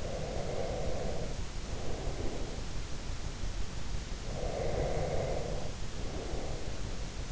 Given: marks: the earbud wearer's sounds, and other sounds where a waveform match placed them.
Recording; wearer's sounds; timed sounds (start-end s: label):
sounds in sleep by an in-ear microphone; breath
0.00-2.64 s: breath
4.20-7.11 s: breath